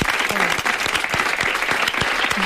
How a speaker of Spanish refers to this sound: Quiero dar las gracias a la WF, que es la productora que hace este espacio, que sin ella sería imposible. Y pido para ella un fuerte aplauso